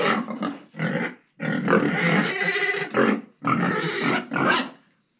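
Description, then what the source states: Pigs giving loud, rough squeals and grunting squeaks in repeated bursts of under a second to about one and a half seconds, separated by short pauses. Several pigs squeaking; recorded 20 October 2018.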